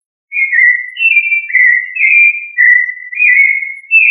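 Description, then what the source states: Thrush song: clear whistled phrases, short slurred notes mostly level or gently falling in pitch, delivered in a steady flowing sequence with brief gaps. Family Turdidae.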